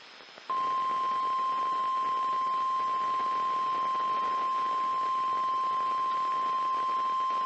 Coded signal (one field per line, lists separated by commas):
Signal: Emergency Alert System (SAME) tones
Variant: 1050 Hz attention tone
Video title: EAS #300!| EAS Tests From 3/10/2021 (EAS #296-301)